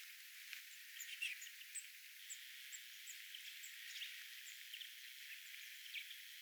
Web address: paivat 10 1 2025 vahan rauhallista pikkulintujen aantelya saaren linturuokinnalla